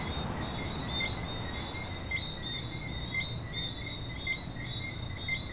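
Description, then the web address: Coqui frog chorus: clipped, high whistled notes from many frogs overlapping continuously, over a constant low background rumble. Frogs at a beach in Venezuela. "venezuela frogs Coqui playa"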